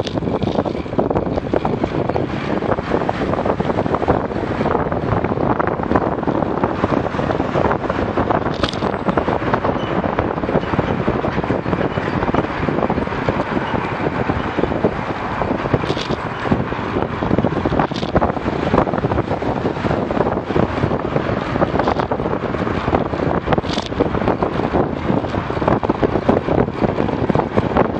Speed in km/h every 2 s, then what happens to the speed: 28, 29, 29, 29, 29, 28, 26, 26, 31, 34, 34, 34, 33, 31.
0-14 steady at about 28. 14-19 speeds up to 34. 19-28 steady at about 33.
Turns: none.